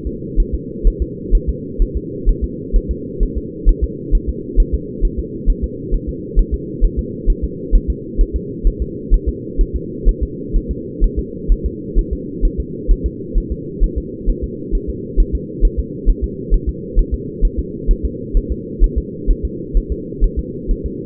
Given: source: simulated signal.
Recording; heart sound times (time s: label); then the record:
fetal heart sounds
0.07 s: S2
0.40 s: S1
0.55 s: S2
0.87 s: S1
1.02 s: S2
1.35 s: S1
1.49 s: S2
1.82 s: S1
1.97 s: S2
2.29 s: S1
2.44 s: S2
2.76 s: S1
2.91 s: S2
3.23 s: S1
3.38 s: S2
3.69 s: S1
3.84 s: S2
4.15 s: S1
4.29 s: S2
4.60 s: S1
4.75 s: S2
5.05 s: S1
5.19 s: S2
5.50 s: S1
5.64 s: S2
5.94 s: S1
6.09 s: S2
6.39 s: S1
6.54 s: S2
6.84 s: S1
6.99 s: S2
7.30 s: S1
7.44 s: S2
7.75 s: S1
7.90 s: S2
8.21 s: S1
8.36 s: S2
8.67 s: S1
8.82 s: S2
9.14 s: S1
9.29 s: S2
9.61 s: S1
9.76 s: S2
10.09 s: S1
10.23 s: S2
10.56 s: S1
10.71 s: S2
11.04 s: S1
11.19 s: S2
11.52 s: S1
11.66 s: S2
11.99 s: S1
12.13 s: S2
12.45 s: S1
12.60 s: S2
12.91 s: S1
13.06 s: S2
13.38 s: S1
13.52 s: S2
13.84 s: S1
13.98 s: S2
14.30 s: S1
14.44 s: S2
14.75 s: S1
14.90 s: S2
15.20 s: S1
15.35 s: S2
15.65 s: S1
15.80 s: S2
16.10 s: S1
16.24 s: S2
16.54 s: S1
16.69 s: S2
16.99 s: S1
17.14 s: S2
17.45 s: S1
17.59 s: S2
17.91 s: S1
18.05 s: S2
18.37 s: S1
18.52 s: S2
18.84 s: S1
18.98 s: S2
19.30 s: S1
19.45 s: S2
19.77 s: S1
19.92 s: S2
20.24 s: S1
20.39 s: S2
20.71 s: S1
20.86 s: S2
From the record:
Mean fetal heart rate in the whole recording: 130 bpm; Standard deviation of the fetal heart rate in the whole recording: 2 bpm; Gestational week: 38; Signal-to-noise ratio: -4.1 dB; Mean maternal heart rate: no maternal heart sound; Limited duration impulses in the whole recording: absent